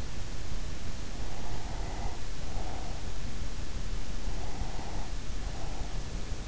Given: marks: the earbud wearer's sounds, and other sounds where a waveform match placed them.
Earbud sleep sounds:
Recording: sounds in sleep by an in-ear microphone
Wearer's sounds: breath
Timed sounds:
1.21-3.35 s: breath
4.04-6.38 s: breath

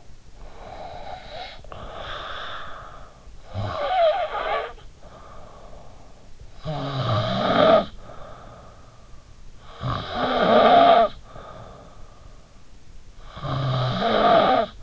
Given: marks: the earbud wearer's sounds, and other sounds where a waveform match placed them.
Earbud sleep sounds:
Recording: sounds in sleep by an in-ear microphone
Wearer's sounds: snoring breath, breath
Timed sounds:
0.00-0.68 s: snoring breath
0.68-3.32 s: breath
3.32-14.83 s: snoring breath

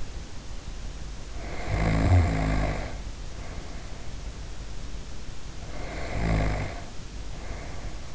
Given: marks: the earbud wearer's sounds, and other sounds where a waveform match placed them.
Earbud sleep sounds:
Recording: sounds in sleep by an in-ear microphone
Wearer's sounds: snoring breath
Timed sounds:
1.21-4.34 s: snoring breath
5.38-8.15 s: snoring breath

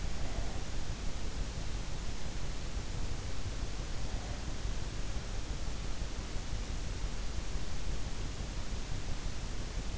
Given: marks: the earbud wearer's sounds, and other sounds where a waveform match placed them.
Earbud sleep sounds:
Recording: sounds in sleep by an in-ear microphone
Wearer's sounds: breath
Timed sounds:
0.00-0.97 s: breath

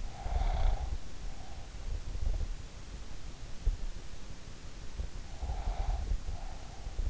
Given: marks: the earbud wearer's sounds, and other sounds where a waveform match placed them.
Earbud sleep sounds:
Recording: sounds in sleep by an in-ear microphone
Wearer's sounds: breath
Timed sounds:
0.00-1.79 s: breath
5.14-6.81 s: breath

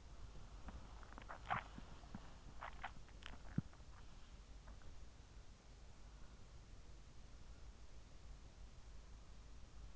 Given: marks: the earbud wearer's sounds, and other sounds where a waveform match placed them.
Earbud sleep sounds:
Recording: sounds in sleep by an in-ear microphone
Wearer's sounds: swallowing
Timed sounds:
0.00-3.36 s: swallowing

